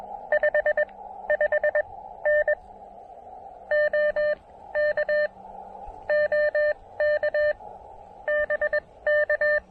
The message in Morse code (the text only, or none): 55N OK OK BK